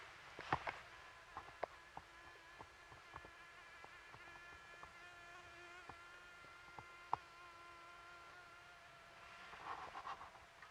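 Mosquito wing buzz, a steady thin whine with layered overtones holding the same pitch for about ten seconds, broken by scattered soft clicks and taps.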